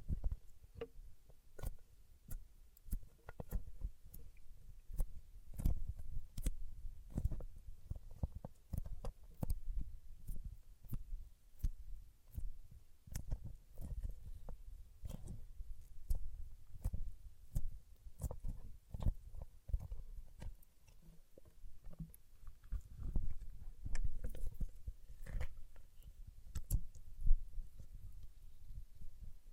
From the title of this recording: Paraffin Wax Peeling, Tapping and Scratching